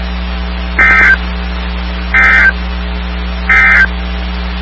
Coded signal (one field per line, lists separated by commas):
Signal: Emergency Alert System (SAME) tones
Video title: EAS 2409-2416 (10/4 & 10/5/23)